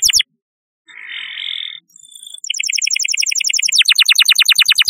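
Canary singing: a short burst, a harsh buzzy phrase, then fast rattling trills of repeated high notes that change type mid-song.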